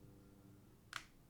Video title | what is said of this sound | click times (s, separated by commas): daji Seis Cero Assembly Tutorial | Hear that click. That's it. | 1.0 s